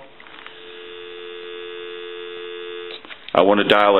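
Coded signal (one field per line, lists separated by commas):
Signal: telephone call progress tone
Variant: North America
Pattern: dial tone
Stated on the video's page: Telephone tone from an original Mickey Mouse telephone during initial checkout and repair.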